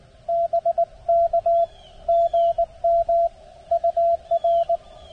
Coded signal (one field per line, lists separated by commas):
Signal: Morse code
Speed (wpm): 20 wpm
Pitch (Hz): 680 Hz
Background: radio noise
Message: BK GM UR